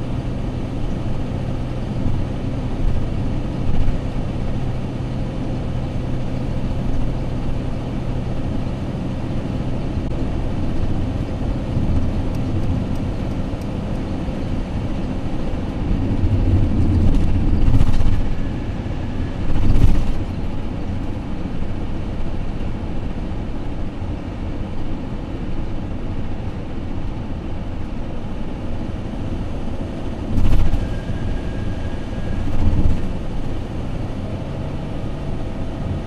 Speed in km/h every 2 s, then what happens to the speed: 116, 116, 116, 116, 118, 118, 118, 119, 116, 114, 113, 109, 108, 108, 108, 111, 113, 113.
0-14 steady at about 116. 14-24 slows to 108. 24-36 steady at about 108.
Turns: none.